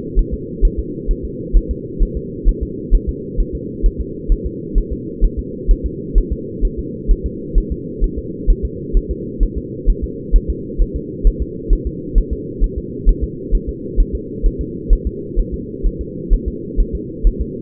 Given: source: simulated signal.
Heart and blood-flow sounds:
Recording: fetal heart sounds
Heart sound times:
0.19 s: S1
0.34 s: S2
0.65 s: S1
0.79 s: S2
1.11 s: S1
1.25 s: S2
1.57 s: S1
1.71 s: S2
2.03 s: S1
2.17 s: S2
2.49 s: S1
2.63 s: S2
2.95 s: S1
3.09 s: S2
3.40 s: S1
3.55 s: S2
3.86 s: S1
4.01 s: S2
4.32 s: S1
4.46 s: S2
4.78 s: S1
4.93 s: S2
5.25 s: S1
5.39 s: S2
5.71 s: S1
5.86 s: S2
6.18 s: S1
6.32 s: S2
6.65 s: S1
6.79 s: S2
7.11 s: S1
7.26 s: S2
7.58 s: S1
7.72 s: S2
8.04 s: S1
8.18 s: S2
8.50 s: S1
8.65 s: S2
8.97 s: S1
9.11 s: S2
9.43 s: S1
9.58 s: S2
9.90 s: S1
10.04 s: S2
10.36 s: S1
10.50 s: S2
10.82 s: S1
10.96 s: S2
11.27 s: S1
11.42 s: S2
11.73 s: S1
11.87 s: S2
12.18 s: S1
12.33 s: S2
12.64 s: S1
12.78 s: S2
13.09 s: S1
13.24 s: S2
13.55 s: S1
13.69 s: S2
14.00 s: S1
14.15 s: S2
14.46 s: S1
14.61 s: S2
14.93 s: S1
15.07 s: S2
15.40 s: S1
15.54 s: S2
15.87 s: S1
16.01 s: S2
16.34 s: S1
16.48 s: S2
16.80 s: S1
16.95 s: S2
17.27 s: S1
17.41 s: S2
From the record:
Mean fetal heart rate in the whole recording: 130 bpm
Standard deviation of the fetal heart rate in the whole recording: 2 bpm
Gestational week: 38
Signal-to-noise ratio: -4.1 dB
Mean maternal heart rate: no maternal heart sound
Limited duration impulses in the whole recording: absent

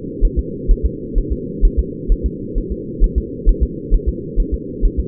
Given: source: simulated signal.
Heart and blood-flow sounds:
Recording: fetal heart sounds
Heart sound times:
0.25 s: S1
0.39 s: S2
0.71 s: S1
0.85 s: S2
1.18 s: S1
1.32 s: S2
1.65 s: S1
1.79 s: S2
2.12 s: S1
2.26 s: S2
2.58 s: S1
2.72 s: S2
3.04 s: S1
3.18 s: S2
3.49 s: S1
3.63 s: S2
3.94 s: S1
4.08 s: S2
4.40 s: S1
4.54 s: S2
4.85 s: S1
5.00 s: S2
From the record:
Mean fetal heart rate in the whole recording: 130 bpm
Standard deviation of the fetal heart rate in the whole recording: 4 bpm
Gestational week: 38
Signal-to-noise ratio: -4.1 dB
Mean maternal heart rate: no maternal heart sound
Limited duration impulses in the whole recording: absent

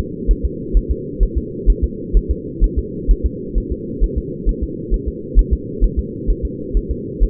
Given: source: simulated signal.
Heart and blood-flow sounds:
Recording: fetal heart sounds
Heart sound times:
0.31 s: S1
0.45 s: S2
0.77 s: S1
0.91 s: S2
1.23 s: S1
1.38 s: S2
1.70 s: S1
1.84 s: S2
2.17 s: S1
2.31 s: S2
2.64 s: S1
2.78 s: S2
3.11 s: S1
3.26 s: S2
3.58 s: S1
3.72 s: S2
4.04 s: S1
4.18 s: S2
4.49 s: S1
4.63 s: S2
4.94 s: S1
5.08 s: S2
5.39 s: S1
5.53 s: S2
5.84 s: S1
5.99 s: S2
6.30 s: S1
6.45 s: S2
6.77 s: S1
6.91 s: S2
7.23 s: S1
From the record:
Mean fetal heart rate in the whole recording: 130 bpm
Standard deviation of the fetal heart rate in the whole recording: 2 bpm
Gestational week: 36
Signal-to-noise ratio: -4.1 dB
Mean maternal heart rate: no maternal heart sound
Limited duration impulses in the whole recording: absent

